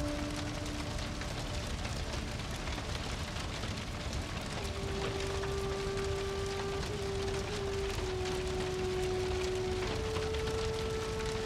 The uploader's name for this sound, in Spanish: Sonido del FUEGO crepitante y una MÚSICA Tranquilizadora